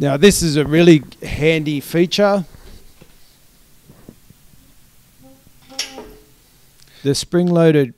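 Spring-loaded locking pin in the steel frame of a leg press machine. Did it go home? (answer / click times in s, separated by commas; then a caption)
yes / 5.8 s. A spring-loaded steel locking pin on the frame tube of an ATX Leg Press/Hack Squat 4in1 Combo (ATX-BPR-790) machine is set during setup. Someone talks, then after a quiet stretch the pin snaps into its hole with a sharp metallic click at 5.8 s. The pin seats, and someone talks again.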